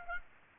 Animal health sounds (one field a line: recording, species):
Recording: mosquito wingbeat signal from an infrared sensor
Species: Aedes aegypti